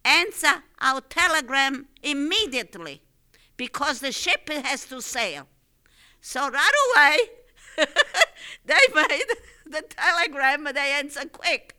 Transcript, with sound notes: Answer our telegram immediately, because the ship has to sail." So right away ( she laughs ) they write the telegram, they answer quick.